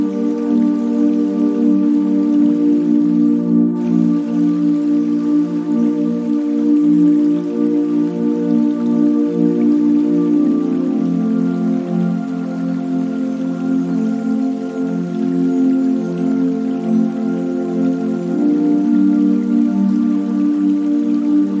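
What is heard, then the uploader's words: Calm, sustained music holds long, layered low-to-middle tones that barely change over the whole stretch, steady in loudness. A soft trickle of water patters lightly above it, like gentle dripping or light rain, continuing throughout with one brief break early on. Relaxing Zen music accompanied by soothing water sounds. The calming melodies and the rhythmic flow of water. Relaxing Zen Music With Water Sounds.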